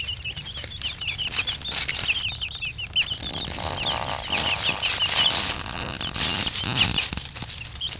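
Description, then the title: Silkie chicks cheeping in short high notes, most dense in the first half, while steady rustling and scratching through dry leaves fills the background. Silkie chicks exploring leaf litter opened up under pruned bushes. "Silky Chicks enjoying leaf litter under pruned bushes"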